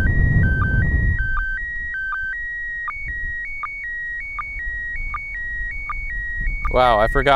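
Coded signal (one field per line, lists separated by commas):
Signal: SSTV (slow-scan television)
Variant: PD 180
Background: speech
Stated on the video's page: ISS SSTV event transmission, MAI-75 SuitSat image mode, received during a rare pass over North America.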